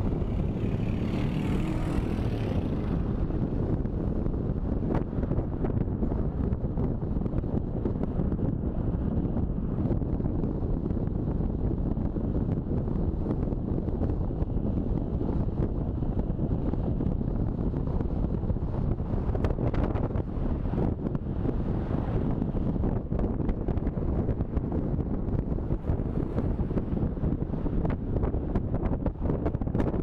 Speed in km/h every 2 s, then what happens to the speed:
35, 34, 33, 32, 31, 31, 30, 29, 30, 30, 30, 29, 29, 28, 29.
0-30 steady at about 30.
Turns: none.